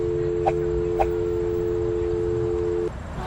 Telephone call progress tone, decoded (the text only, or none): dial tone